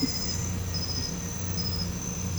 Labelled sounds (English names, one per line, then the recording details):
none
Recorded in pastures near Puerto Asís, Putumayo, Colombia, on 21 December 2024 at 01:30
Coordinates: 0.505, -76.324
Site G063